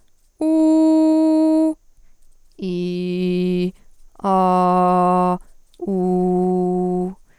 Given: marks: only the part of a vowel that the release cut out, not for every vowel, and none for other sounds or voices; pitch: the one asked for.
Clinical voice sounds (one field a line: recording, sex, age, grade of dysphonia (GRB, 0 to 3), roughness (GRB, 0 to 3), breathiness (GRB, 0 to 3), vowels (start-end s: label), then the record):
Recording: sustained vowels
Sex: female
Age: 20 to 29 years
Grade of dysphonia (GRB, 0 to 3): 0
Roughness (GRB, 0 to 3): 0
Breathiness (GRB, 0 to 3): 0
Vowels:
0.56-1.60 s: vowel /u/, high pitch
2.75-3.59 s: vowel /i/, low pitch
4.41-5.25 s: vowel /a/, low pitch
6.02-6.98 s: vowel /u/, low pitch
From the record:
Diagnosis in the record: healthy voice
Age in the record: 23 years